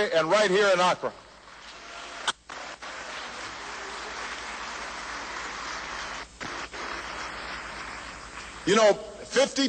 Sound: applause